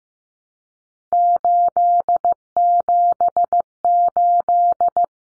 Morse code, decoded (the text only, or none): 878